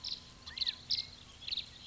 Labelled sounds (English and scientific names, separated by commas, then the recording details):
California Quail (Callipepla californica)
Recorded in Sonoma County, California